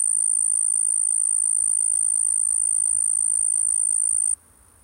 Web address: The Songs of Insects. Sphagnum Ground Cricket